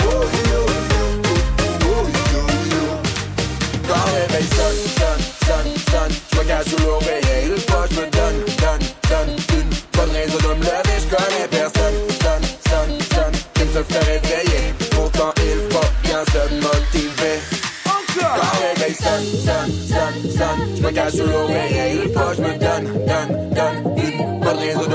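A Friday evening at the St Savin bowling alley, filled with loud, dense dance music over a steady, fast thumping beat. Around the seventeenth second the beat drops out and a rising sweep leads into a brighter, busier section that continues to the end.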